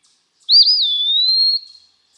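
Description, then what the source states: Eastern Wood-Pewee song: a single clear whistled note, a quick rising-falling start sliding into a long, drawn-out tone. Song says its name, 'pewee'; sometimes only the second portion is sung; eastern and central North American woods and woodlands.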